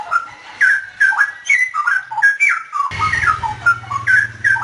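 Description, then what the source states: Straw-headed bulbul: fluty, gurgling whistled notes in rapid rising and falling phrases, joined by a steady low hum partway through. Known locally as cucak rowo; song style called ropel.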